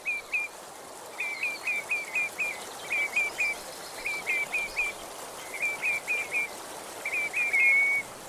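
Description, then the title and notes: Common redshank calling in quick clear piping notes, in short runs separated by brief pauses, ending in a longer drawn-out whistle. Lovely peeping call given as they fly off; once a fairly common breeder, now less common and less frequently seen; great winter visitors. "The aptly named - and sadly less frequently seen - redshank"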